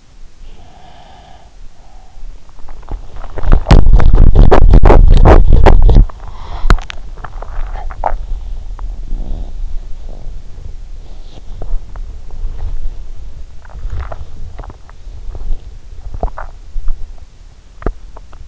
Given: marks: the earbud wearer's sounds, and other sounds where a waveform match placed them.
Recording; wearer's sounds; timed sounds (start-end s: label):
sounds in sleep by an in-ear microphone; breath, body movement
0.59-2.47 s: breath
2.58-18.48 s: body movement